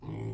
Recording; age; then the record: pig call; weaner (32 to 43 days)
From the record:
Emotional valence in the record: negative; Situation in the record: novel object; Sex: female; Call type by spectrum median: low-frequency call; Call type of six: low-frequency stable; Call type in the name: low-frequency stable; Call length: 0.34 s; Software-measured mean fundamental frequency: 56 Hz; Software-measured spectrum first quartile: 118 Hz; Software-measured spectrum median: 205 Hz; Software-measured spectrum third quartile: 433 Hz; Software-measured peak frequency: 129 Hz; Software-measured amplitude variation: 108 dB a second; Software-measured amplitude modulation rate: 32.5 a second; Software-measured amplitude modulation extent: 3.3 dB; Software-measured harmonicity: -3.1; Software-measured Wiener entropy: 0.03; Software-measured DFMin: 931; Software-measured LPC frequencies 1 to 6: 289, 890, 2162, 3109, 3887, 4964 Hz